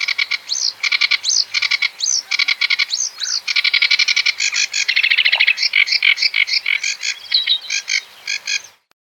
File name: kamyshovka barsuchok